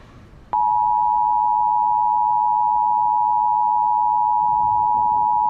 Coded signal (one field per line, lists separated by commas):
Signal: Emergency Alert System (SAME) tones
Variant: 853 and 960 Hz attention tone